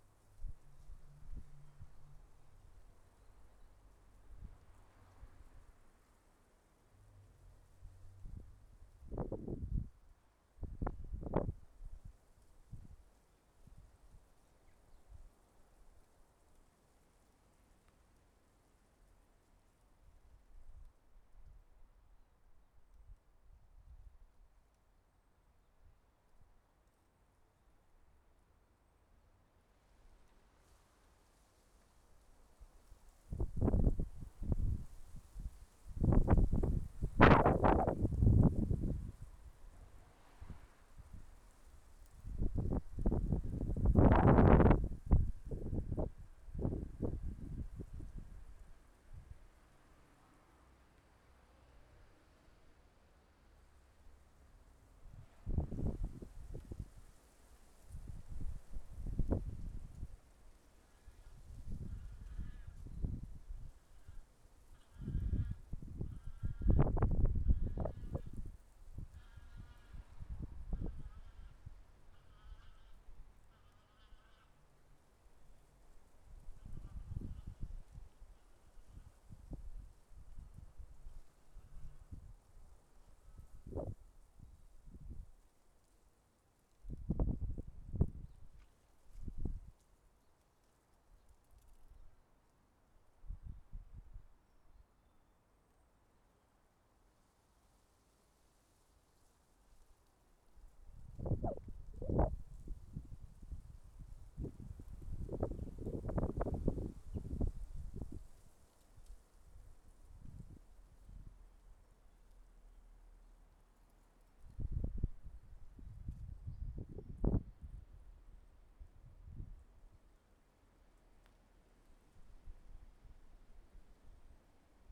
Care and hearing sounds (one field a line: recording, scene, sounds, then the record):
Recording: everyday scene through a hearing-aid microphone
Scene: wind on the microphone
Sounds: wind, traffic, goose, birds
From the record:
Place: suburban garden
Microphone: behind the ear, left, rear